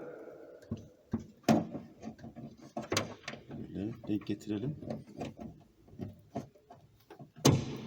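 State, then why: Seated. While someone talks and the hood of a Tempra SW is moved up and down, the end fitting of its second hood gas strut is pushed onto its mounting ball stud, with several knocks and rattles along the way. At 7.5 s a sharp, loud snap is heard as the fitting seats home on the stud.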